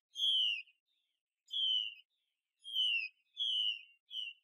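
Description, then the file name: Chinese hwamei song: five clear, downward-sliding whistled notes with short gaps between. Mai xuy song style. "Tieng chim hoa mi mai xuy"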